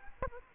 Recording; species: mosquito wingbeat signal from an infrared sensor; Aedes aegypti